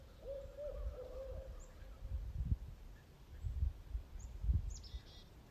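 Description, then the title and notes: Barred Owl calling one drawn-out hoot that wavers and trails downward, followed by low thumping noises and faint high chirps. Pair of Barred Owls deep in woods calling back and forth to each other, 'Who cooks for you? Who cooks for you-all?', in spring, 5 April 2023. "a pair of Barred Owls stationed themselves deep in the woods and called, “Who cooks for you? Who cooks for you-all?” back and forth to each other."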